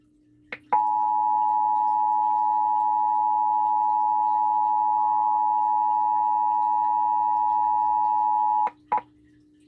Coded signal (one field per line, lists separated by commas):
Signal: Emergency Alert System (SAME) tones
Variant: 853 and 960 Hz attention tone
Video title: KABC 7 / KFI 640 EAS Test 11/26/2024